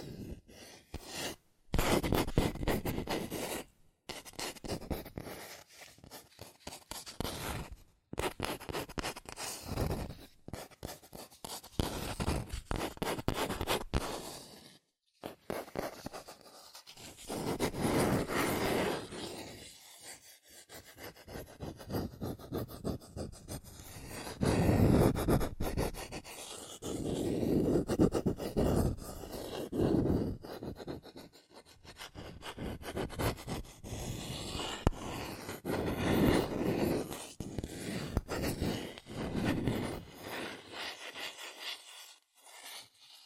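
Quick tapping, scratching and tracing on cardboard and paper. Dense bursts of rapid taps and rough scratches come in uneven stretches of a few seconds, separated by brief silences, with some strokes sounding low and thumpy and others crisp and papery.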